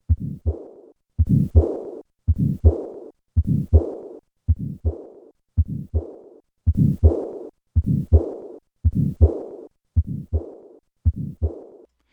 The combined murmurs of subpulmonic stenosis and pulmonic insufficiency. Tetralogy of Fallot.